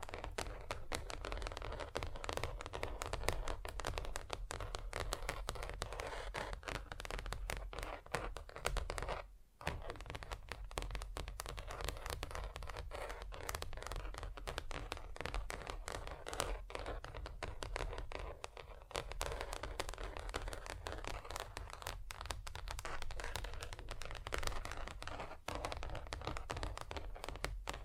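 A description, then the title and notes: Rapid, dense tapping on different surfaces runs nearly nonstop, with quick crisp taps blending into a scratchy, crinkly texture. The rhythm stays busy and fairly even, with a brief pause just after nine seconds and a smaller dip around twenty-five seconds. ASMR Just Tapping (Different Surfaces No Talking).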